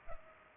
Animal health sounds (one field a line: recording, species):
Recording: mosquito wingbeat signal from an infrared sensor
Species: Culex pipiens